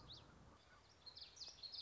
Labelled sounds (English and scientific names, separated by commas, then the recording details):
Common Yellowthroat (Geothlypis trichas)
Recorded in Sonoma County, California